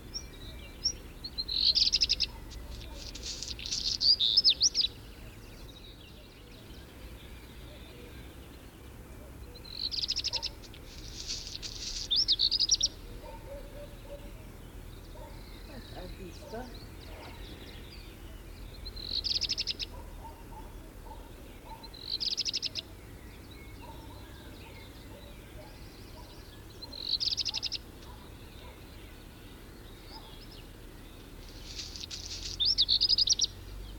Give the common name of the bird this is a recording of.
Black Redstart